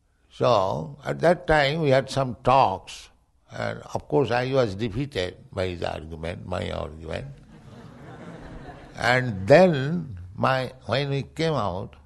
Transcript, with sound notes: So at that time we had some talks, and of course I was defeated by his argument, my argument. [laughter] And then, when we came out,